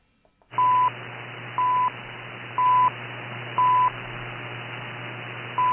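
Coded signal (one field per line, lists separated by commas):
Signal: radio time signal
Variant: CHU Canada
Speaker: one of the signals that you might encounter on demands is this one [Music] c-h-u Canada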